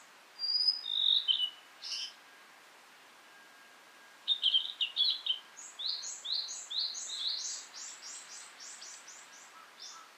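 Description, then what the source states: Blue-and-white flycatcher singing high whistled phrases, then a long rapid string of repeated downslurred notes, with a short pause between song bursts. Recorded 18 April 2017 at 11:11.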